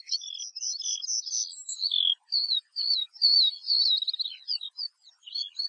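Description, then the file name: Eurasian Skylark song, a long stream of high, rapid warbling and trilling notes with buzzy flourishes, broken only by brief pauses. "Allodola"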